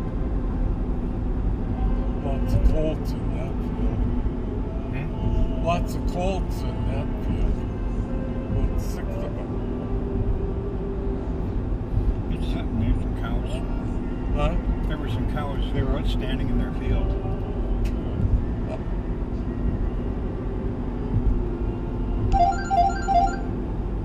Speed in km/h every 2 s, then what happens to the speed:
78, 78, 77, 70, 79, 80, 79, 78, 77, 78, 79, 80.
0-6 steady at about 77. 6-9 speeds up to 80. 9-24 steady at about 79.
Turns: none.